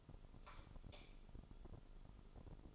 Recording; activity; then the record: daily activity, microphone in the room; light off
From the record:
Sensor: 5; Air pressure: 988.5 hPa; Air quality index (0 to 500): 215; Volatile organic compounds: 113 ppm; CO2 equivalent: 3833 ppm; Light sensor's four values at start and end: 45/136/53/56 and 43/130/51/54